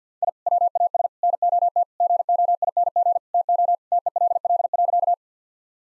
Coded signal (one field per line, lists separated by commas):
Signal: Morse code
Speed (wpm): 50 wpm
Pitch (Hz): 700 Hz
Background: none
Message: I WAS NOT GOING TO TELL.